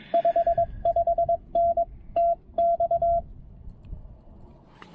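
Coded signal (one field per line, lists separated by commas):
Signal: Morse code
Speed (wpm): 19 wpm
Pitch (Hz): 690 Hz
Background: none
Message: 55N TX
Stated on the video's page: Penntek TR-45L with Chelegance MC-750 antenna, short POTA activation on 20 meters.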